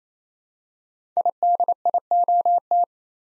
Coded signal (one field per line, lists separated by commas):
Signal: Morse code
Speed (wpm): 27 wpm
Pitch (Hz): 700 Hz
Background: none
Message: IDIOT